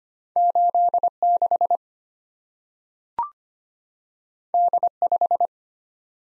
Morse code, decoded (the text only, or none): 86 D5